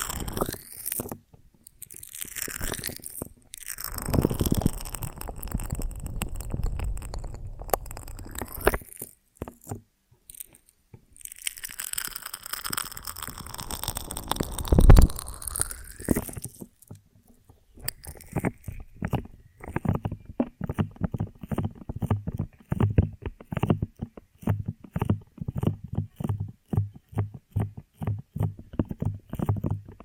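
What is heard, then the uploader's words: Sticky, crackling handling of a honeycomb on a branch, with wet squelches and creaks swelling in long waves through the first seventeen seconds and a sharp snap near fifteen seconds. After that comes a steady run of quick, dense tapping and crunching that lasts to the end. ASMR of a Honeycomb on Branch (No Talking).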